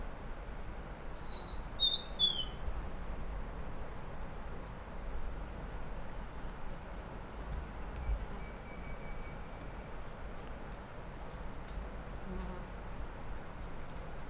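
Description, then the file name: Huet's fulvetta song: one brief phrase of high, wavering whistles near the start, then a long stretch of low rumble with faint bird notes. Song recorded at Dai Yun Shan, Fujian, China, on 8 May 2012. "Huets Fulvetta Song 120508 Fujian Dai Yun Shan"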